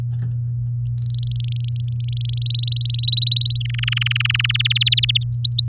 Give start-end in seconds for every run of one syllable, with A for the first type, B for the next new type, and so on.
0.98-2.44 A, 2.46-3.58 B, 3.60-4.62 C, 4.64-5.23 D, 5.32-5.68 E